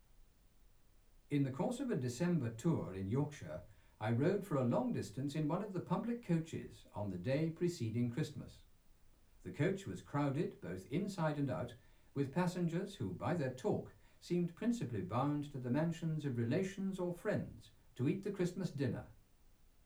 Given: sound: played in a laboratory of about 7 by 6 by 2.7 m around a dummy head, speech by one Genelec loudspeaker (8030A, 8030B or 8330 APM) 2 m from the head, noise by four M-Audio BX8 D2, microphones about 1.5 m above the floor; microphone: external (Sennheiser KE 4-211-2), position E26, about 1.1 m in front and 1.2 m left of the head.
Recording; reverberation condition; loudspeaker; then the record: male speech in English; low; 90 degrees to the right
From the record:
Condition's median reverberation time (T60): about 310 ms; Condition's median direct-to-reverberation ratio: about 3.5 dB